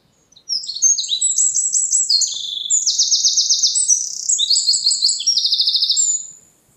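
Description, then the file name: Eurasian wren song: a loud, rapid outpouring of high trills and sharp notes, shifting through several fast rattling phrases for about six seconds without a break. "Troglodytes troglodytes"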